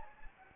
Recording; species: mosquito wingbeat signal from an infrared sensor; Anopheles gambiae